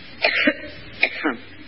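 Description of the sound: A coughing fit from an adult woman during a speech: two short, harsh coughs about a second apart, sounding like a throat-clearing cough from a tickle in the throat.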